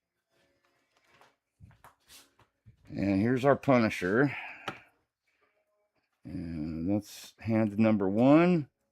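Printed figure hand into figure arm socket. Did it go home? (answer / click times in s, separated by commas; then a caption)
no / none. A 3D-printed resin hand is handled and brought to the arm socket of a painted Punisher figure while someone talks, with a few faint taps and a short sharp tick around 4.7 s. The clip ends just before the hand goes in, so nothing has seated or clicked yet.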